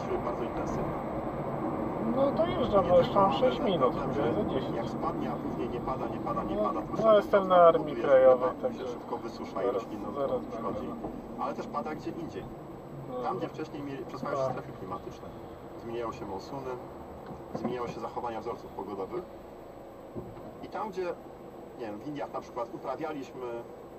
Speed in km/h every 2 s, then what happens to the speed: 71, 61, 50, 35, 28, 25, 17, 11, 8, 5, 0, 0.
0-19 brakes to 0. 19-24 standing.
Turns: none.